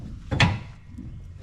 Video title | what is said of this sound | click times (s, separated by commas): Two more days, what do we bring camping? | a very nice click | 0.4 s